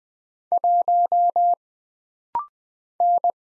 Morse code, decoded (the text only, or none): 1 N